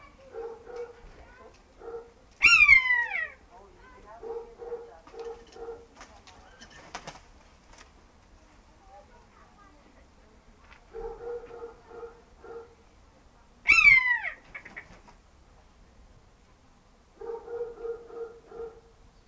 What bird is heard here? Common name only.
Common Buzzard